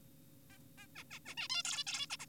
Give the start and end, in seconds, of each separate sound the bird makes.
0.50-0.58, 0.78-0.87, 0.96-1.04, 1.11-1.19, 1.26-1.35, 1.38-1.48, 1.50-1.63, 1.65-1.84, 1.87-2.07, 2.10-2.17, 2.20-2.26